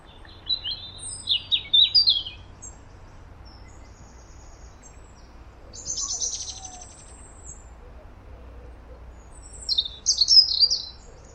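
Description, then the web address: European robin singing, thin high twittering phrases with sharp slides, in short bursts separated by pauses. "Deverinetal 2025 File origin Bird Only Er Ru"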